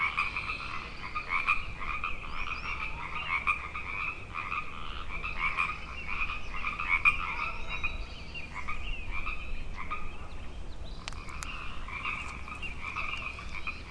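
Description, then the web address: Frog chorus of many overlapping rapid trilling calls, steady and continuous, with a brief sharp click late on. Frog chorus on Grafton Lake, recorded 3 May 2009. "The Frog Chorus Tunes Up On Grafton Lake frogs 090503"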